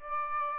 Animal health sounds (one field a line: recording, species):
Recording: mosquito wingbeat signal from an infrared sensor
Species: Aedes aegypti